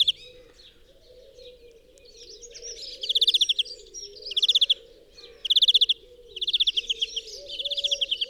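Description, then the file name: European greenfinch giving fast, dry trills in short bursts roughly once a second, mixed with soft twittering, above a continuous low wavering hum. "Chloris chloris"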